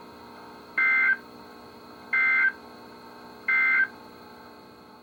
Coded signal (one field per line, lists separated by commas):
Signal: Emergency Alert System (SAME) tones